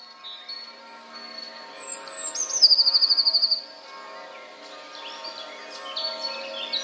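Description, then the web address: Eurasian blue tit song: high thin introductory notes, then a crisp rapid trill, followed by quieter chirping. "wroblowe teka spiew 1. wroblowe teka modraszkoteka"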